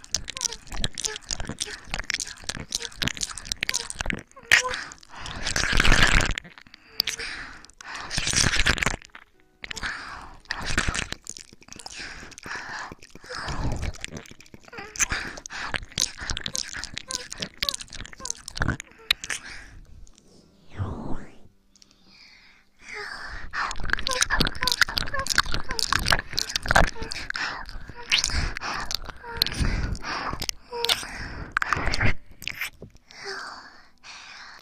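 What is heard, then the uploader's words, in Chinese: Ear licking with wet mouth sounds: dense clicks, smacks and moist crackles come in rapid, irregular bursts. There is a quieter, sparser stretch around 20–23 seconds, then the busy wet sounds return, with a few louder, sharper smacks scattered throughout. 舔耳+口腔音。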